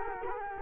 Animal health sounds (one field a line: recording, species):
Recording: mosquito wingbeat signal from an infrared sensor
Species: Culex quinquefasciatus